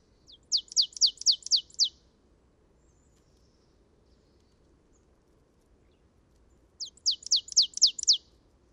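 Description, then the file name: Marsh tit giving two quick bursts of six or seven sharp, high descending notes, separated by about five seconds of near silence. "Poecile palustris"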